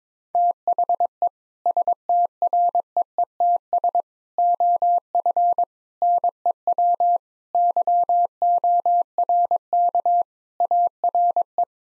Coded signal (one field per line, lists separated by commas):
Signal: Morse code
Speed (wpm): 22 wpm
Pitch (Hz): 700 Hz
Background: none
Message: THE STREETS OF NEW YORK ARE